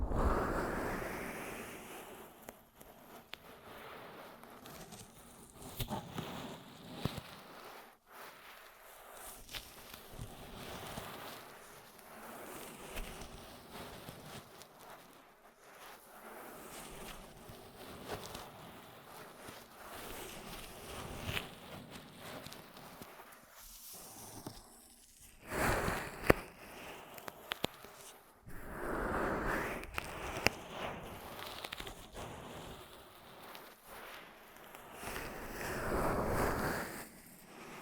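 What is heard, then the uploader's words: Ear massage sounds: soft, dense rubbing and brushing with frequent bright crackles, swelling louder around the start, 25 seconds and 30–37 seconds. ASMR 10 Ear Massages for Sleep (No Talking).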